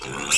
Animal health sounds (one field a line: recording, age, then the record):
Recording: pig call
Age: weaner (32 to 43 days)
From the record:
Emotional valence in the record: negative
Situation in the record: novel object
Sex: female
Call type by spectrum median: high-frequency call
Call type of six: high-frequency modulated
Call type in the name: high-frequency modulated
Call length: 0.38 s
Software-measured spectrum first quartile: 2287 Hz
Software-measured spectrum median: 4586 Hz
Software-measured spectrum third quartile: 7603 Hz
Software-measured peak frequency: 2617 Hz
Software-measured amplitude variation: 93 dB a second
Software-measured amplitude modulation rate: 33.1 a second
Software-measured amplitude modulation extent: 2.8 dB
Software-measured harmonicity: 2.1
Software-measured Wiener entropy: -2.12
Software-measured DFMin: 1094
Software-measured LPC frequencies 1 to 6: 1338, 2597, 3620, 5326, 5915, 7365 Hz